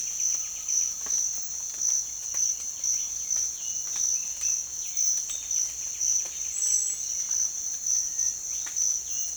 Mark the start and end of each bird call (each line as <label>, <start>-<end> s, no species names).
bird call, 0.00-1.06 s
bird call, 1.91-9.37 s